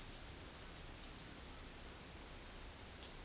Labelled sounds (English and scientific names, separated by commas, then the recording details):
none
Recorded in dense forest near Puerto Asís, Putumayo, Colombia, on 20 February 2024 at 15:00
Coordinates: 0.481, -76.318
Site G6421